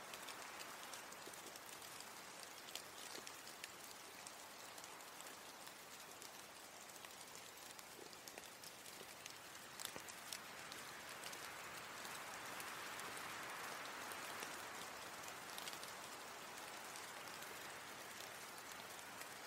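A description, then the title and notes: Steady rain falls throughout, a dense, even hiss with countless tiny drops pattering on a surface. A few louder individual drips stand out now and then, around three, eight and ten seconds, while the wash of rain brightens slightly in the second half. RAIN SOUNDS.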